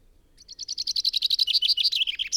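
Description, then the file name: Common chaffinch song: a rapid series of repeated high notes, growing louder and sliding lower toward the end, cut off mid-phrase. "Fringilla coelebs"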